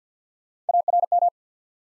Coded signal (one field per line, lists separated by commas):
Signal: Morse code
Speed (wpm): 50 wpm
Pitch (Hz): 700 Hz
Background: none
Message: A R M